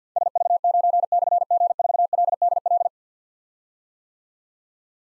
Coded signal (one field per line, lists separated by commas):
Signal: Morse code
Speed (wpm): 48 wpm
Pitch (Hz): 700 Hz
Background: none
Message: SV9/G4LDL